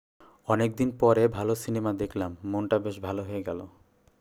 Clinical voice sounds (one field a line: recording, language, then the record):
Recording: elicited speech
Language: Bengali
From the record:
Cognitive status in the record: cognitively healthy